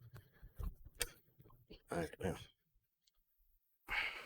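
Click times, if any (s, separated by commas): none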